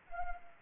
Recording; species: mosquito wingbeat signal from an infrared sensor; Anopheles arabiensis